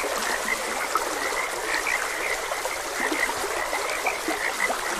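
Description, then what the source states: Frogs croaking in short, repeated chirping notes over a steady rush of flowing stream water. Frogs croaking beside a gentle stream.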